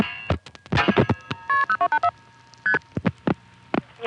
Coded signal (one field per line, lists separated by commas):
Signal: multi-frequency trunk signalling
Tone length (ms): 80 ms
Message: KP0284 ST